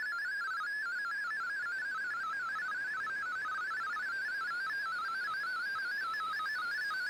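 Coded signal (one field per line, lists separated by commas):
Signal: multi-tone FSK (Olivia or MFSK type)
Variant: MFSK32 or MFSK64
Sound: rapid warbling single tone hopping between pitches, like a fast burbling melody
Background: radio static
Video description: Here is my decode of the Shortwave Radiogram broadcast today on 15770Khz shortwave radio at 1330UTC in MFSK32 and 64 with 10 SSTV images.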